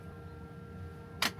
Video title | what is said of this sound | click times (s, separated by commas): Luxury Vanlife in Outback Australia - Cooking a Steak Dinner over a Campfire | The outside of the door, there's heaps of them, so it just sort of clicks into place. | 1.2 s